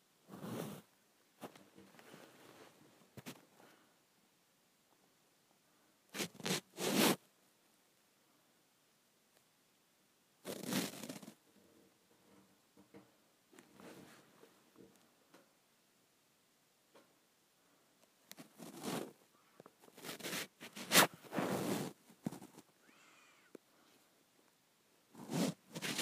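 Someone works at getting lotion out of the bottom of a bottle, with bursts of squirting, squelching and rasping air. The bursts come in irregular clusters, around 0–1, 6–7, 11, 19 and 21–22 seconds, separated by near silence and faint handling noises.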